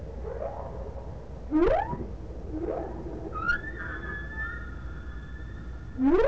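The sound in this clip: Whale calls: repeated rising upsweeps, each a swift glide upward, with a thin high steady whistle held for a few seconds in between, over soft low rumble.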